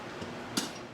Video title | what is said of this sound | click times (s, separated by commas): Initial Upgrades on the Polygon Cascade 4: Pedals, grips and adjustments // #mtb #mtblife #trail | click there you go okay | 0.6 s